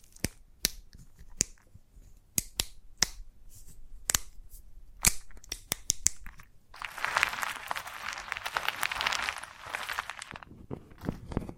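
Chalk tapping on a hard surface: sharp, separate clicks arrive irregularly for the first seven seconds, roughly one or two per second. Around seven seconds a dense, bright, gritty scratching takes over, carving steadily for about four seconds before trailing into a few final taps.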